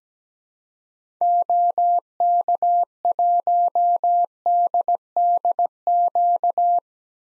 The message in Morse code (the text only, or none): OK1DDQ